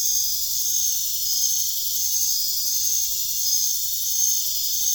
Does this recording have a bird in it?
no